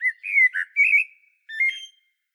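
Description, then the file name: Common blackbird delivering rich, flowing whistled warbles, a short break, then a brief quieter phrase. "Turdus merula"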